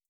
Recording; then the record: hydrophone in a shrimp aquaculture tank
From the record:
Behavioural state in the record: starved